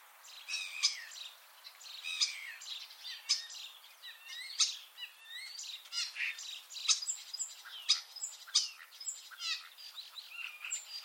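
Common starling chatter: a continuous varied stream of squeaky whistles, clicks and short slurred notes.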